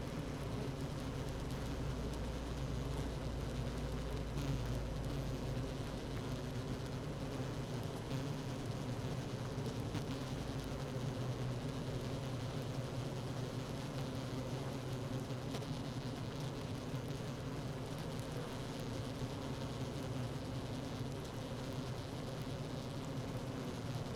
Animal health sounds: honeybee colony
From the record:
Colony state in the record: active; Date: 12 June 2018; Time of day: 16:17

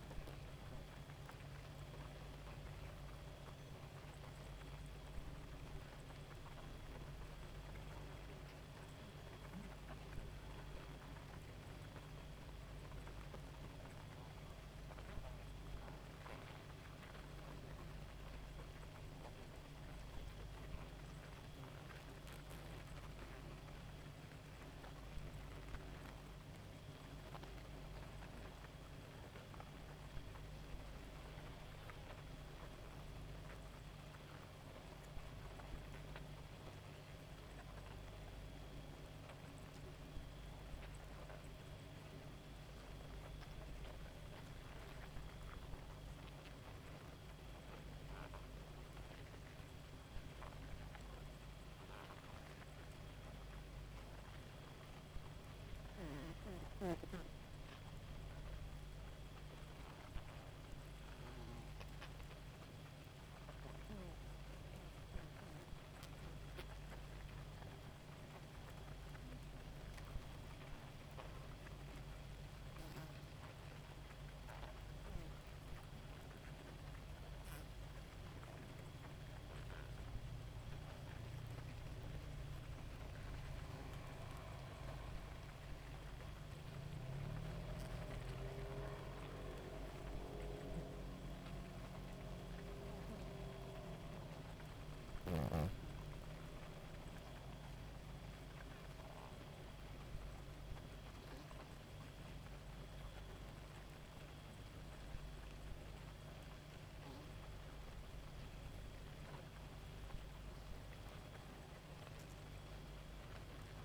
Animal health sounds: honeybee colony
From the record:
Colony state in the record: active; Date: 28 July 2017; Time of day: 1:15

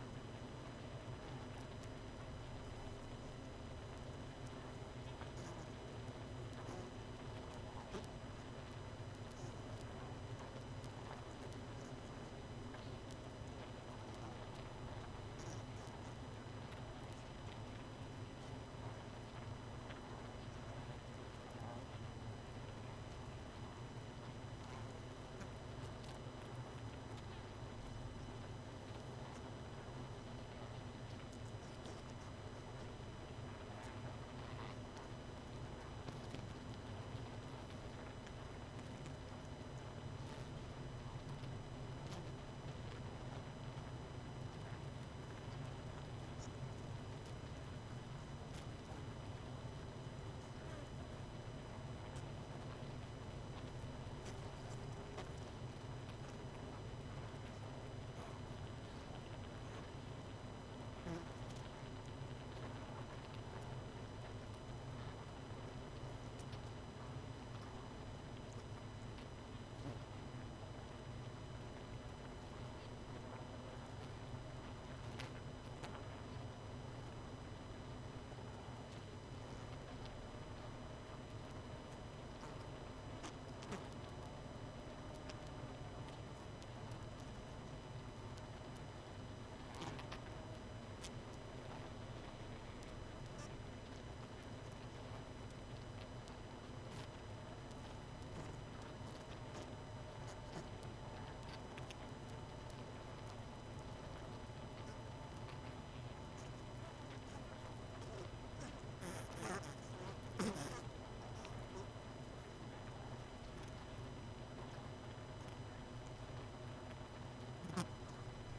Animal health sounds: honeybee colony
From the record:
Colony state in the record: missing queen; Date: 31 May 2018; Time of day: 23:24

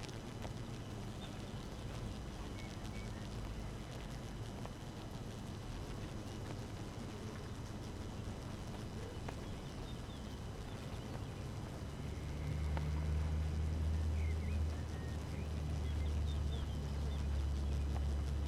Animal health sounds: honeybee colony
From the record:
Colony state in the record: active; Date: 12 June 2018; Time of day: 5:32

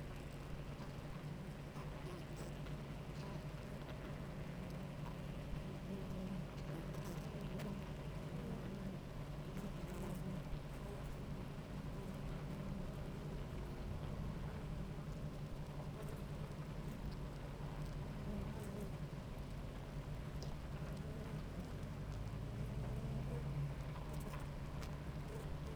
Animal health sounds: honeybee colony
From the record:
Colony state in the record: active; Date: 28 July 2017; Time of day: 10:04

